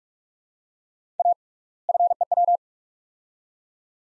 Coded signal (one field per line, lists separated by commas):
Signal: Morse code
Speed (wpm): 42 wpm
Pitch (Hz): 700 Hz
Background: none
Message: A FEW